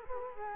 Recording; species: mosquito wingbeat signal from an infrared sensor; Culex quinquefasciatus